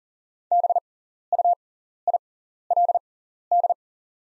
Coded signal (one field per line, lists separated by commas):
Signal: Morse code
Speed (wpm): 40 wpm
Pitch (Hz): 700 Hz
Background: none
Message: BUILD